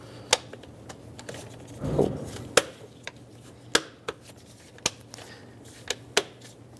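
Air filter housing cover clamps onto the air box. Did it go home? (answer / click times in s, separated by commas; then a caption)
yes / 0.3 s, 2.6 s, 3.8 s, 4.9 s, 6.2 s. On a 2006-2011 Honda Civic, the air filter housing cover is lined up on the air box and its metal spring clamps are snapped shut one after another. Sharp, loud snaps come at 0.3, 2.6, 3.8, 4.9 and 6.2 seconds, with a brief rustle around 2.0 seconds. The cover is seated, since hard-to-close clamps would mean the top is not seated.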